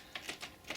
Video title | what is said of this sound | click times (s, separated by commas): The Cheapest source of quality garcinia: Bulk Powder | kind of satisfying to feel that they snap | 0.2 s, 0.3 s, 0.7 s